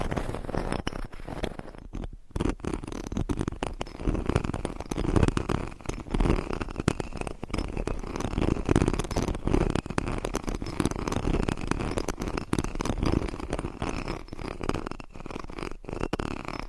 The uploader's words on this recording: ASMR Mic Scratching - Brain Scratching with Different Nail Shapes No Talking.